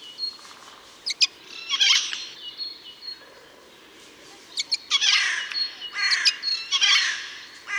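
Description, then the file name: Eurasian jay uttering rasping, noisy screeches in clustered bursts, mixed with sharp clicks and brief high notes, a quieter pause in the middle. "Garrulus glandarius"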